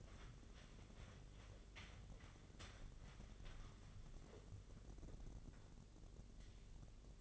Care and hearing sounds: daily activity, microphone in the room; wipe stove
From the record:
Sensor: 4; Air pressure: 1013.2 hPa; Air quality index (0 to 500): 177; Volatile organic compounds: 2 ppm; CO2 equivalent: 1112 ppm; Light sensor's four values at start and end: 97/243/100/106 and 95/239/99/104

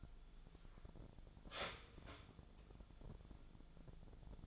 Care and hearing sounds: daily activity, microphone in the room; start toaster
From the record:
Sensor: 5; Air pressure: 1000.3 hPa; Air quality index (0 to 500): 134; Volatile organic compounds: 2 ppm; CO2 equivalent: 1053 ppm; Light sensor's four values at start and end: 77/180/77/82 and 78/182/77/83

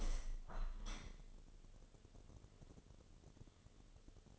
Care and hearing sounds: daily activity, microphone in the room; open window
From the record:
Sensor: 4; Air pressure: 1015.8 hPa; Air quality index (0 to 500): 81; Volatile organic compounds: 1 ppm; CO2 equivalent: 902 ppm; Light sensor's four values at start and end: 9/20/8/7 and 9/20/8/7

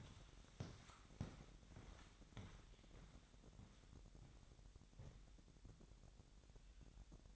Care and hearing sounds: daily activity, microphone in the room; walk to room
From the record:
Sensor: 3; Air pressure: 1012.2 hPa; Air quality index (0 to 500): 165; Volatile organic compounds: 2 ppm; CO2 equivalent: 1253 ppm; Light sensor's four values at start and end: 42/90/41/42 and 133/316/130/120

